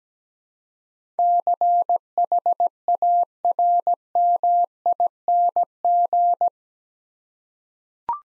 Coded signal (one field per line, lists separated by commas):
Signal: Morse code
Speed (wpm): 17 wpm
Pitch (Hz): 700 Hz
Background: none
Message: CHARMING